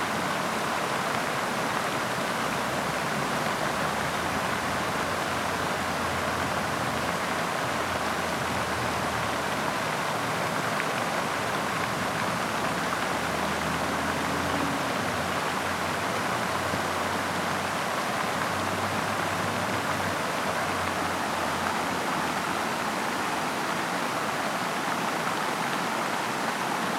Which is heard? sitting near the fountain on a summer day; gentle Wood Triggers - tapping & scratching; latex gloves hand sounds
sitting near the fountain on a summer day